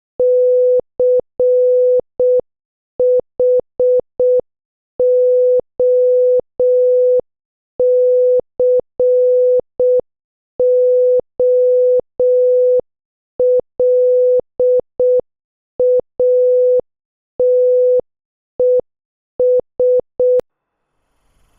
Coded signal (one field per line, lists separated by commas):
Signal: Morse code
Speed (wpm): 6 wpm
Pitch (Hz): 500 Hz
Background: none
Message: CHOCOLATES